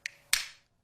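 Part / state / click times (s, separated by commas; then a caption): film cutter head into the body of a safety box cutter / seated / 0.1 s, 0.3 s. The film cutter head of a plastic S5 safety box cutter is swung back into its closed position in the cutter body to return it to box-cutting mode. Two sharp tap-like clicks are heard at 0.1 s and at 0.3 s, the second louder with a bright tail that fades by about 0.6 s. The lock button rises and the film cutter is secured in place.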